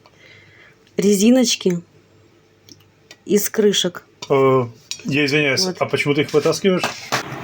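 A metal lid is handled on a hot glass jar of home-canned meat while someone talks, with faint clinks at about 2.7 and 3.1 seconds. Nothing has seated or clicked yet; the clip ends just before the lid goes home.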